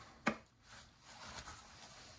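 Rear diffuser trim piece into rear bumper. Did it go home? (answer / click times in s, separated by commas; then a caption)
yes / 0.3 s. A Beri-Backer rear diffuser trim piece from CJM Industries for a VW MK7.5 GTI is pushed by hand onto the rear bumper, braced against the chest and lined up against its notches. One sharp click is heard at 0.3 s, followed by a faint tick at 0.5 s and low rustling. The trim piece seats into place.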